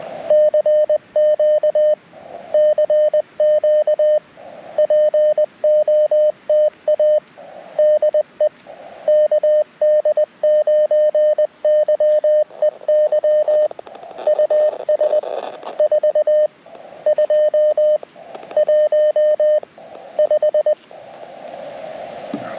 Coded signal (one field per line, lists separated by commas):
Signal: Morse code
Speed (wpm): 20 wpm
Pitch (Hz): 610 Hz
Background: radio noise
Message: CQ CQ POTA DE KD9YEY US 4215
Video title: First Time CQ on CW!